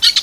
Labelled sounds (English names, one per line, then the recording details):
Brown-throated Parakeet contact call
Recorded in Venezuela
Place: Guárico; Corozopando; Fundo La Fe
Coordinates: 8.506, -67.593